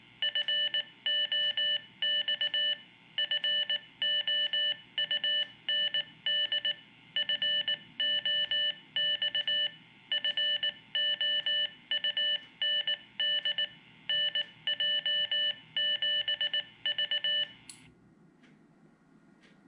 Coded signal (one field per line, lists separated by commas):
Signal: Morse code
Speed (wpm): 19 wpm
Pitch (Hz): 2950 Hz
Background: none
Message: FOX FOUND FOX FOUND NJ7V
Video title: How to Build a Fox Hunt Transmitter